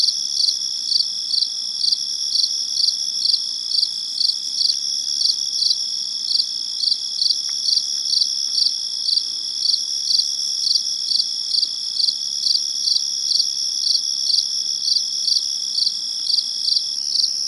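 Cricket calling with evenly repeated shrill chirps, a little over two per second throughout, high and ringing, against a quiet background.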